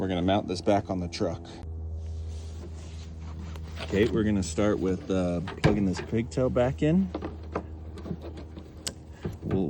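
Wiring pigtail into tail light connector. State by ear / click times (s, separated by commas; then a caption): seated / 8.9 s. A tail light wiring pigtail is plugged back into its plastic connector on a 2019–23 Ford Ranger while someone talks over a low steady hum. A short, sharp click at 8.9 s marks the connector seating, before the red locking tab is pushed in.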